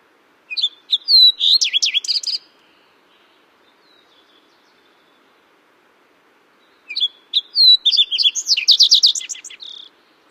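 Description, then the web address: Fox Sparrow song, two phrases separated by a pause of several seconds, each a brisk mix of sweet whistles, sliding notes and buzzy trills, the first lasting roughly two seconds and the second about three. Western North American bird. "Songs of Birds of North America Know Your Bird Sounds Common Western Species. Fox Sparrow"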